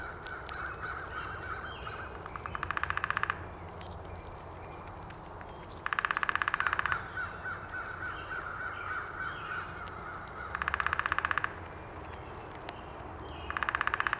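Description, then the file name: Downy woodpecker drumming in four short, fast, steady rolls spaced a few seconds apart. Recorded 19 April 2019. "2019-04-19 Downy Woodpecker"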